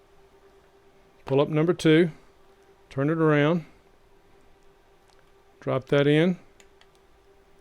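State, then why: Seated. A second M.2 NVMe SSD is turned around and dropped into its M.2 slot on a GloTrends Sky x8 quad PCIe adapter card for an X399 HEDT motherboard. Someone talks, then two sharp clicks at 6.6 and 6.8 seconds mark the drive seating, leaving it angled up until it is pressed down and screwed in.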